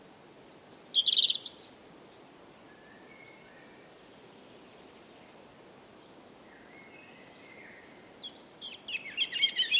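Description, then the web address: European robin song in two bursts: a brief cluster of high sharp notes, a long near-silent pause with faint whistles, then rapid high twittering at the end. "Deverinetal 2025 File origin Bird Only Er Ru"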